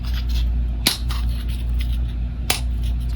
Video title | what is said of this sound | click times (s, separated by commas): SLS Production Run - Designing and Printing Hundreds of Functional Keychains | got a very satisfying snap and the hinge is a little bit tight | 0.9 s, 2.5 s